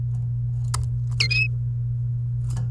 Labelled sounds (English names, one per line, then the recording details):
Domestic Canary song
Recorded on 30 April 2018 at 09:22
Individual llb3